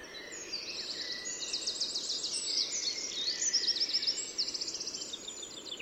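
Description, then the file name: Eurasian wren song: loud, fast trills and quick high notes tumbling without pause, ending in a rapid rattle, with faint hiss behind. "Troglodytes troglodytes"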